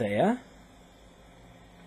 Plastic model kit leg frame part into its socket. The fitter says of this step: like that i didn't hear it click though